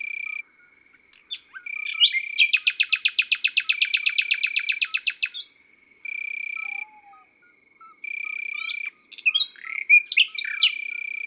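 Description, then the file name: Common nightingale song featuring a long, even trill of rapidly repeated loud notes lasting about three seconds, followed by scattered sharp slurs and a high steady buzz. Recorded in the countryside. "Rossignol philomele Chants doiseaux dans la campagne"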